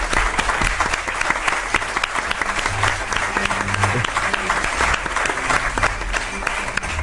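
A crowd claps steadily for several seconds for Mariano López, director of the Cima de las Palomas excavations in Torre Pacheco, on the radio programme La Rosa de los Vientos; a dense, even wash of many hands with no break, loud and sustained throughout.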